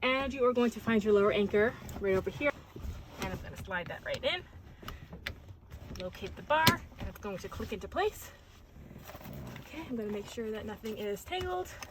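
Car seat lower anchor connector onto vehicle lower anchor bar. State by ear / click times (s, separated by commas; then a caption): seated / 5.3 s. Someone talks while sliding the LATCH lower anchor connector of a forward-facing Graco SlimFit3 LX car seat onto the vehicle's metal lower anchor bar. A sharp, short click at 5.3 s marks the connector seating on the bar.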